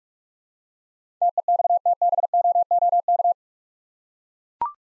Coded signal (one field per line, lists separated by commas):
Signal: Morse code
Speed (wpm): 44 wpm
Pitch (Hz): 700 Hz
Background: none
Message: TEXTBOOK